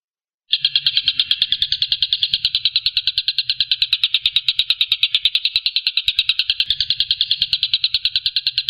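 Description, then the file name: Stork-billed kingfisher in a continuous machine-gun rattle, harsh pulses repeated rapidly with no pause. Call style named tembakan, meaning shooting call. "suara tembakan tengkek buto"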